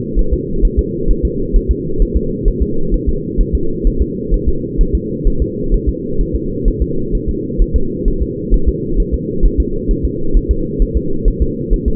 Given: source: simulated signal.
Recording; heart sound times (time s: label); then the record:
fetal heart sounds
0.19 s: S1
0.33 s: S2
0.65 s: S1
0.79 s: S2
1.11 s: S1
1.25 s: S2
1.56 s: S1
1.71 s: S2
2.02 s: S1
2.17 s: S2
2.48 s: S1
2.62 s: S2
2.94 s: S1
3.09 s: S2
3.41 s: S1
3.55 s: S2
3.87 s: S1
4.02 s: S2
4.34 s: S1
4.48 s: S2
4.81 s: S1
4.95 s: S2
5.28 s: S1
5.42 s: S2
5.74 s: S1
5.89 s: S2
6.21 s: S1
6.36 s: S2
6.68 s: S1
6.82 s: S2
7.15 s: S1
7.29 s: S2
7.62 s: S1
7.76 s: S2
8.08 s: S1
8.22 s: S2
8.54 s: S1
8.69 s: S2
9.00 s: S1
9.14 s: S2
9.45 s: S1
9.60 s: S2
9.91 s: S1
10.05 s: S2
10.37 s: S1
10.51 s: S2
10.82 s: S1
10.97 s: S2
11.28 s: S1
11.42 s: S2
11.73 s: S1
11.88 s: S2
From the record:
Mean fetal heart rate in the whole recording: 130 bpm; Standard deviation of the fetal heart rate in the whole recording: 2 bpm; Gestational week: 38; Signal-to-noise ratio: -8.1 dB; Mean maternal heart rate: 72 bpm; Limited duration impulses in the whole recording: absent